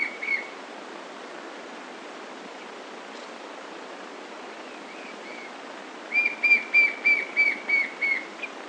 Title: LuckyPassaro Completos2Sama. White-shouldered Fire-eye (Pyriglena leucoptera)